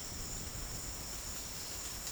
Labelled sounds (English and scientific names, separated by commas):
none